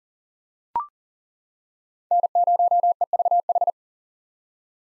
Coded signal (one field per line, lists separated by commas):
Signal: Morse code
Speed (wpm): 40 wpm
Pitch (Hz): 700 Hz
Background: none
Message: N0EVH